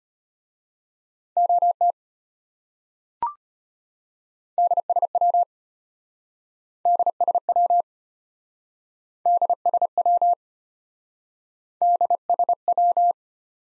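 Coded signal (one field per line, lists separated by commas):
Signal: Morse code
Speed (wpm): 32 wpm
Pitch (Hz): 700 Hz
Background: none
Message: OT DSW DSW DSW DSW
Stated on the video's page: Morse abbreviations practice at 25 WPM, starting fast and slowing incrementally to base speed; fastest is 1.5 times slowest; final repeat at maximum speed.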